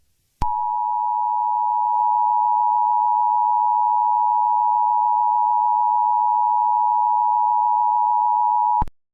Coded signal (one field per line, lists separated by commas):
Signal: Emergency Alert System (SAME) tones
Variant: 853 and 960 Hz attention tone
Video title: EAS Scenario 1